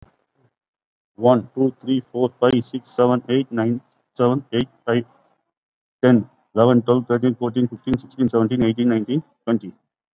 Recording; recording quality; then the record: counting at a fast pace; excellent, no background noise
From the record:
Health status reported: COVID-19 positive, moderate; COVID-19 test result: positive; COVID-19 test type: RT-PCR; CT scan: not taken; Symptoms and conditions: cough, cold, fever, fatigue, muscle pain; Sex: male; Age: 41 years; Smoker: no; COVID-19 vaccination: one dose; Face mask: worn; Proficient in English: yes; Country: India